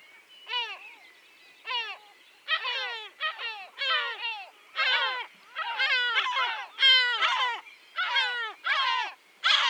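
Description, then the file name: Yellow-legged gull calling loudly with strident, downslurred yelping notes, singly and in quick pairs, in bursts throughout. Many other birds of various kinds calling alongside. "Goéland leucophée (Larus michahellis) - Nombreux oiseaux divers cris"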